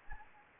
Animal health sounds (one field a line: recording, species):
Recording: mosquito wingbeat signal from an infrared sensor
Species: Anopheles gambiae